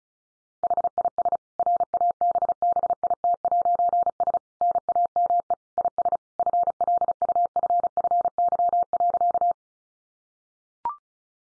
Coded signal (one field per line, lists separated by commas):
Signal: Morse code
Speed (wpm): 34 wpm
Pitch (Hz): 700 Hz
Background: none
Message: HIS RABBIT'S NAME IS FLUFFY.